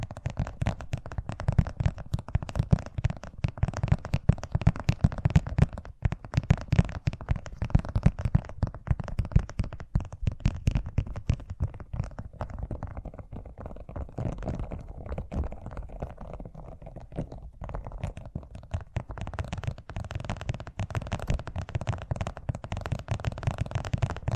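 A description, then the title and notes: Fast tapping runs through nearly the whole clip as a dense, rapid patter of short, dull knocks with a heavy low thud under each one. The tapping eases and thins a little between about 12 and 19 seconds, then picks back up toward the end. ASMR Braingasm Inducing Fast Tapping (No Talking).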